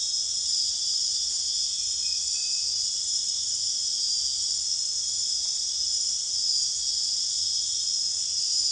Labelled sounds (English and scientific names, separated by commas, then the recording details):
none
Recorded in secondary vegetation near Puerto Asís, Putumayo, Colombia, on 29 June 2025 at 01:00
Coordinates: 0.485, -76.322
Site GP06